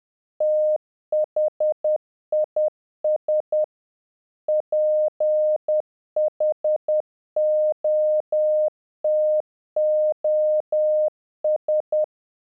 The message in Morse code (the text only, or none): THIS PHOTOS